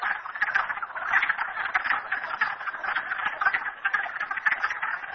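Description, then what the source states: Many frogs trilling together, a continuous rattling chorus of quick clicking pulses that swells and dips slightly. Frogs recorded at Merryspring.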